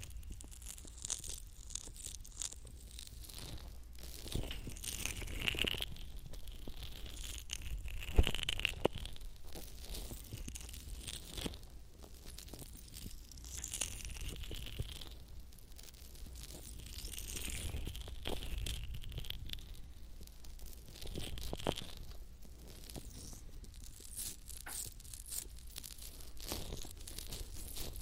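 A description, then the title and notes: Slippery lotion rubbing over the ears makes dense crinkly, squelching strokes with bright hiss, steady throughout, and a sharp tap near eight seconds. Lotion ear massage.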